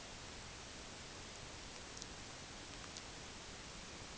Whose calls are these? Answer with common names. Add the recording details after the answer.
none. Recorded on Arctic tundra, site UTQI-8, on 15 June 2019. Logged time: 22:00